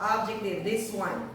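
The revolving nosepiece of a laboratory microscope is being handled to bring the low power objective into line with its detent while someone talks. The objective has not seated or clicked into position yet.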